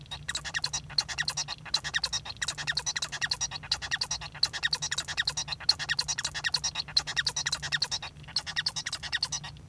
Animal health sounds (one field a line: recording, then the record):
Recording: song of a male Bengalese finch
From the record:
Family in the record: son of father 1